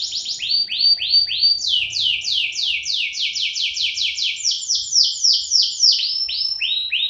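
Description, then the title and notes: Atlantic canary song: rapid trills of descending notes, shifting from one repeated phrase to the next, with faint low background noise. Canary used as a master bird for song tutoring. "Suara Burung Kenari Masteran. master suara burung kenari"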